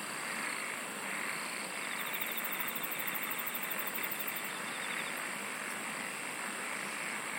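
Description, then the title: Shrill insect chorus with a rapid pulsed trill high above from two to four and a half seconds and softer ticking pulses at mid pitch. "SINGING OF INSECTS"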